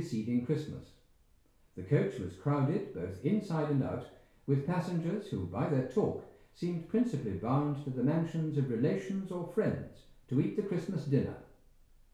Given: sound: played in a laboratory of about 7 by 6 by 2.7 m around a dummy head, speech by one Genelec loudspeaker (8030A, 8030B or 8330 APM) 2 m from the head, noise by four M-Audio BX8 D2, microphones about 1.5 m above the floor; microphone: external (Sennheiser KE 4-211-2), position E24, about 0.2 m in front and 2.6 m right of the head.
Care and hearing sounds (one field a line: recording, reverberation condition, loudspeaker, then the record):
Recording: male speech in English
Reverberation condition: medium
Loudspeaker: 90 degrees to the right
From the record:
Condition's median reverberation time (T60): about 510 ms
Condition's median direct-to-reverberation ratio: about -0.5 dB